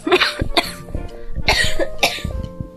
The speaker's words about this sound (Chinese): 咳嗽了，咳嗽了， 保重保重，我会把它卡掉。 好，记得要把我咳嗽的部分卡掉哈。